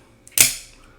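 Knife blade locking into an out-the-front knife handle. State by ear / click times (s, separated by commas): seated / 0.3 s, 0.4 s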